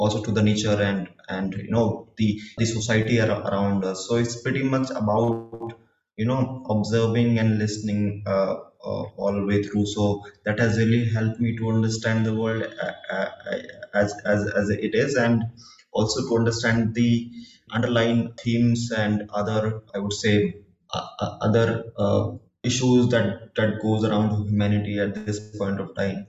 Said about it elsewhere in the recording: I'm a person with stammering.